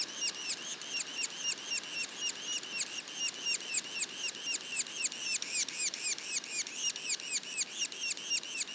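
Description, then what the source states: Yellow-bellied sapsucker juvenile calling, fast and continuous, with high arched notes about four per second, varying slightly in loudness. Juveniles, Mont-Orford National Park, Quebec.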